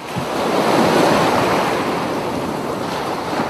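Baltic Sea waves wash onto the shore in a steady, broad rushing roar that swells early and then holds, with a breath of wind noise mixed in and no voices.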